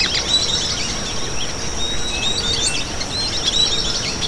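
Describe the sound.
Bird calls: scattered short whistles and chirps over a steady high hum and broad background noise.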